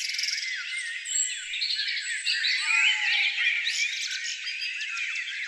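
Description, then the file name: Bird chorus of many overlapping chirps and twittering phrases, with a lower drawn-out whistle entering midway. "zvuki peniia ptits"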